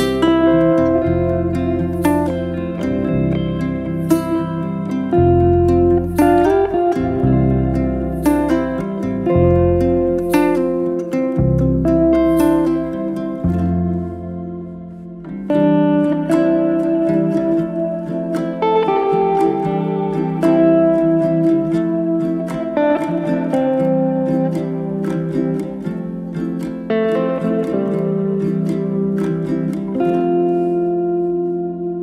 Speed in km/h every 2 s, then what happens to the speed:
82, 77, 77, 81, 81, 84, 84, 77, 76, 76, 76, 72, 72, 77, 82, 85.
0-5 steady at about 77. 5-13 speeds up to 84. 13-15 brakes to 76. 15-24 steady at about 76. 24-32 speeds up to 85.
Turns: none.